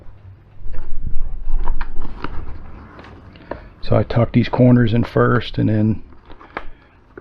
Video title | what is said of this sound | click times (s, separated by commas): CARDO PACKTALK BOLD HJC i90 Helmets Installation Full-time RVers Motorcycle Can-Am Spyder | these got a little little spot they slide into and they they're a little positive click to the | 6.6 s